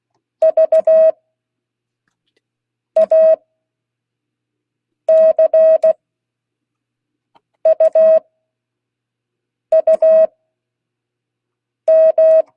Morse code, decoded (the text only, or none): VACUUM